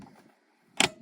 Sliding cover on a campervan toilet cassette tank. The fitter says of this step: Close it back over, make sure that locks, and push that back into place.